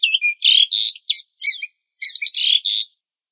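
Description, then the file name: Asian pied starling singing several bursts of scratchy, chattering notes mixed with short squeaks, separated by short pauses. "suara burung jalak suren atau uren"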